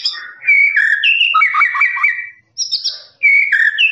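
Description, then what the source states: Lovebird song: fast squeaky chattering phrases with sharp high chirps, a short pause near two and a half seconds, then more twittering. Long "ngekek" song, used for training birds.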